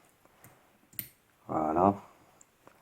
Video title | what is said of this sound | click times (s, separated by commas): Dynavap M7 M7XL : Le dernier Vapcap de la série M | avez entendu le le petit clic | 1.0 s